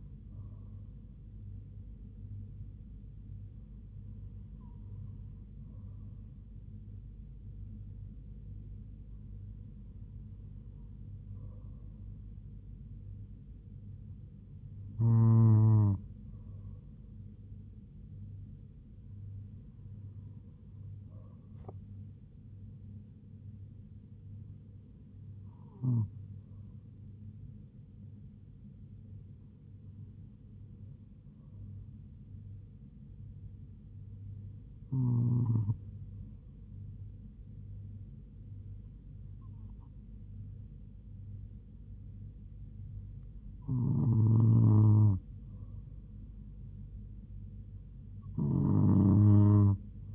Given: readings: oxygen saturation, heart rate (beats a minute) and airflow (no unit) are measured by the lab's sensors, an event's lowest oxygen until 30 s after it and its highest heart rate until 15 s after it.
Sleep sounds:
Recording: breathing in sleep by a smartphone at the bedside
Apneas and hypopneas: none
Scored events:
none scored
From the record:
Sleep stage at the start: N2 (light sleep)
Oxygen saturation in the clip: 96 to 97%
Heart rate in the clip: 72 to 79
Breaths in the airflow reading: 10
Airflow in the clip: -3.2 to 2.3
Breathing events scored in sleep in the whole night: 158 in 7.3 hours asleep

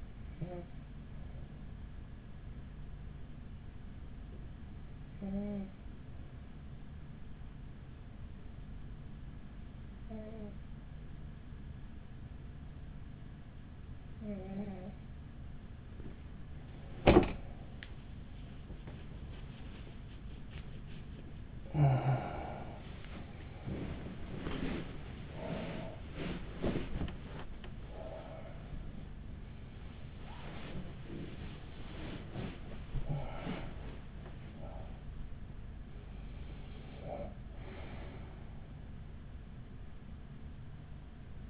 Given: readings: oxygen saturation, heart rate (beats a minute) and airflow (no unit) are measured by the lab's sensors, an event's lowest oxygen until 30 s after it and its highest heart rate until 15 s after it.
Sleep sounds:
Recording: a person awake in a sleep study, by a smartphone at the bedside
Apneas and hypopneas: 1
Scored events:
5.00-24.30 s: hypopnea (N1, oxygen 94% highest, then 94% lowest, heart rate 43 at the start, 74 highest)
10.00-40.00 s: new sleep stage, awake
17.00-41.49 s: awake
40.00-41.49 s: new sleep stage, N1 (lightest sleep)
From the record:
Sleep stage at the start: N1 (lightest sleep)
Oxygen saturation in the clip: 94%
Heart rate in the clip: 42 to 76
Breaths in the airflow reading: 9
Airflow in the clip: -10.9 to 10.8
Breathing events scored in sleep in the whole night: 207 in 7.6 hours asleep

